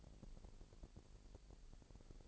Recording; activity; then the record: daily activity, microphone in the room; take from stove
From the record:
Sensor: 5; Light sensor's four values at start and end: 22/48/21/23 and 23/48/22/24